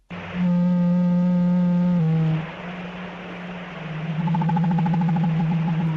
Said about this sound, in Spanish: Ahora sí es fácilmente identificable. Con esa especie de chasquido, la ballena azul, nuestro gigante.